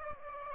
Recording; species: mosquito wingbeat signal from an infrared sensor; Aedes aegypti